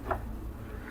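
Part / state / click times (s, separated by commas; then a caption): cook switch button latching onto the rice cooker's thermostat / seated / 0.1 s. A rice cooker's thermostat-linked cook switch lever is pressed down and locks into the ON position with a short tick at 0.1 s, over a steady low hum. The button latches onto the thermostat and heating starts.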